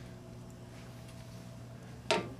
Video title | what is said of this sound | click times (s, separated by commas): DTG Viper Maintenance Gap Set-Check.mov | only lines up one way slide it in until it clicks | 2.1 s